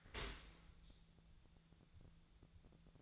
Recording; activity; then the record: daily activity, microphone in the room; open dishwasher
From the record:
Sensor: 3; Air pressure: 1000.5 hPa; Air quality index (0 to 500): 174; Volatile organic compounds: 3 ppm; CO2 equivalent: 1506 ppm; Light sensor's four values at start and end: 13/35/14/15 and 13/35/14/15